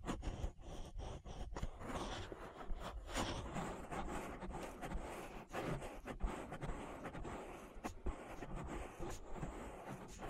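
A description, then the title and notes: Ear massage sounds: dense, continuous rubbing and scraping with frequent brief dropouts and soft thuds, fairly steady in loudness throughout. ASMR Relaxing Ear Massage. (No Talking).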